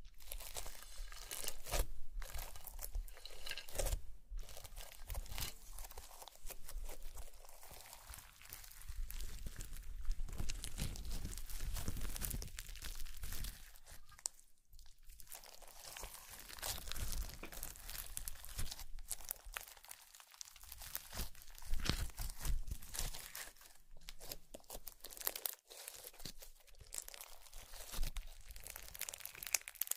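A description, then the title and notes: Slime being squeezed and worked by hand, with a steady stream of wet crackles, pops and crinkly squelches packed densely throughout. The bright crackling rises and falls irregularly, with brief pauses around 15 and 20 seconds before resuming. Slime Sounds.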